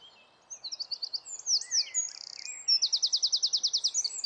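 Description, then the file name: Eurasian wren singing a shrill, rapid outpouring of varied twitters, a brief buzz, then a long, steady, machine-gun-like trill at very high pitch, with a soft hiss behind. "Troglodytes troglodytes"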